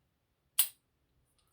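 After a key is tried, the metal padlock's shackle is pushed shut into the lock body and seats with one sharp, loud click at 0.6 s, a bright burst that fades within about two tenths of a second. A faint tick follows near 1.4 s, and otherwise the clip is quiet.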